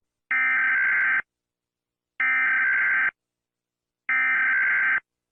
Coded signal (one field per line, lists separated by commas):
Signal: Emergency Alert System (SAME) tones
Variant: header bursts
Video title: rating EAS alarms part 1/10